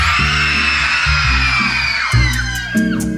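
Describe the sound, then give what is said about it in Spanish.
An audience yells and screams together in a loud, continuous wall of voices, while a low held tone shifts in steps underneath and a few sharp accents punctuate the end. “Se oían gritos. ¡Qué gritos de porquería!”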